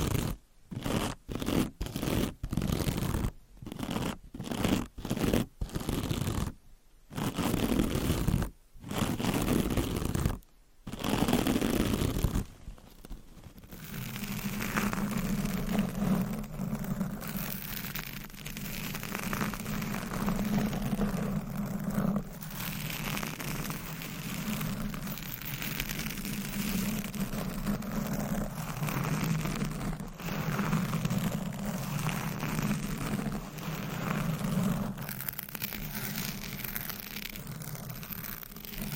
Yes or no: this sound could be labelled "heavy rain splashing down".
no